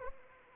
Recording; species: mosquito wingbeat signal from an infrared sensor; Anopheles arabiensis